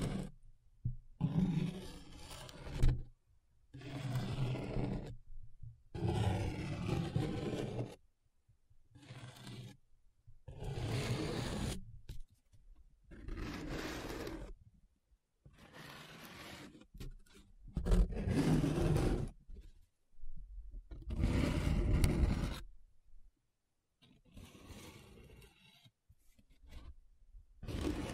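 Paper rubbed and scratched in short bursts of one to three seconds, separated by brief silences, with a rough, dry texture.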